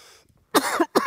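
Two short, forceful cough bursts from an adult man in about half a second, the first longer with a rough, voiced, throaty quality and the second clipped, following a brief near-silence. He has been coughing during a church service and his throat is worn out.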